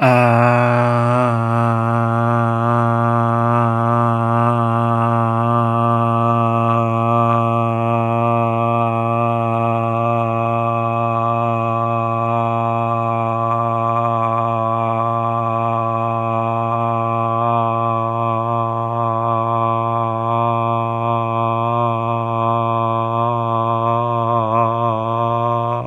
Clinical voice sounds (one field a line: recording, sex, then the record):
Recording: sustained vowel /a/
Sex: male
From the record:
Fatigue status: no fatigue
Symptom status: asymptomatic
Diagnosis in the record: COVID-19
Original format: m4a